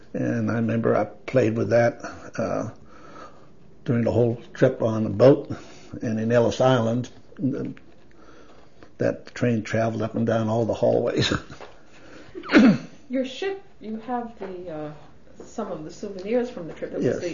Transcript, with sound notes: And I remember I played with that, uh—during the whole trip on the boat, and in Ellis Island—that train traveled up and down all the hallways (laughs) (clears throat)
Your ship, you have the uh—some of the souvenirs from the trip—
Yes.